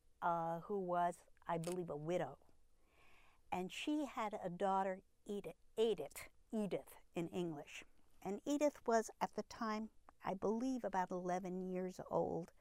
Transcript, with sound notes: who was, I believe, a widow. And she had a daughter, Edith, Edith (German pronunciation) Edith in English, and Edith was at the time, I believe, about eleven years old.